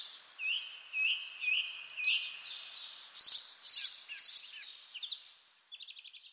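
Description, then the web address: Bird song chorus: a series of upslurred whistles about every half second, then mixed chirps and a fast buzzy trill at the end. Birds singing in spring. "sonido del canto de los pajaros en primavera"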